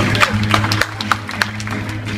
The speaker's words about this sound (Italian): Si può applaudire.